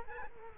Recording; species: mosquito wingbeat signal from an infrared sensor; Culex quinquefasciatus